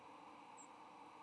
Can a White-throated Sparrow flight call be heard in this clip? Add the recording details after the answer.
no. Another species' flight call is heard. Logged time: 08:59 on 8 November 2014